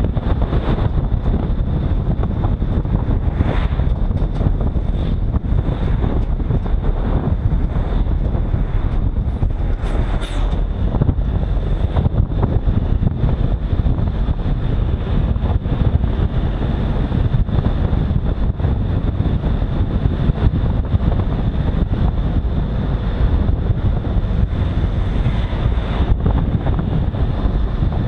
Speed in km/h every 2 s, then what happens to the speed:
51, 49, 45, 45, 43, 45, 48, 53, 56, 57, 51, 50, 50, 44.
0-9 slows to 43. 9-18 speeds up to 57. 18-28 slows to 44.